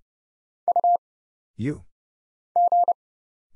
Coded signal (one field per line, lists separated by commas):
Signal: Morse code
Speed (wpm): 30 wpm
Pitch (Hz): 700 Hz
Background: none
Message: U G